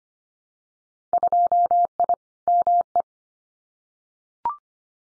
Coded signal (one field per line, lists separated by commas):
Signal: Morse code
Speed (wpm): 25 wpm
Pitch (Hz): 700 Hz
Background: none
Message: 2I ME